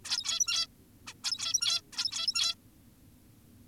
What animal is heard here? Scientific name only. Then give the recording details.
Taeniopygia guttata. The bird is an adult. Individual g17y2U